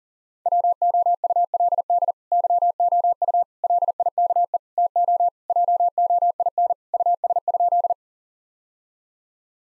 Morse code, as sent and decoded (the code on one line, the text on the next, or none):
.-- --- ..- .-.. -.. / -.-- --- ..- / .-.. .. -.- . / - --- / .--- --- .. -. / ..- ... ..--..
WOULD YOU LIKE TO JOIN US?